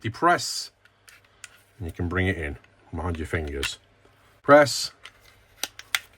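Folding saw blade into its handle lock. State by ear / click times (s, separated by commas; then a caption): seated / 6.0 s. Someone talks while pressing the trigger at the top of a Chapac Germany folding pruning saw with a light green rubber handle and swinging the blade out of the handle. A few light clicks around 5.6 and 5.8 seconds lead to a sharp click at 6.0 seconds as the blade locks into its open position.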